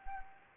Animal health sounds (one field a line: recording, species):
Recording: mosquito wingbeat signal from an infrared sensor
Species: Anopheles arabiensis